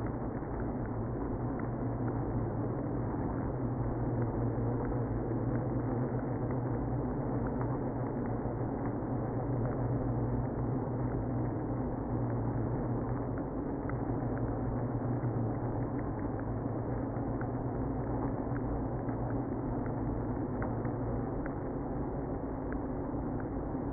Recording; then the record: honeybee colony, microphone inside the hive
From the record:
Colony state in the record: queenless (queen removed); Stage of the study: after two queens were removed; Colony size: about 60,000 bees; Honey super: yes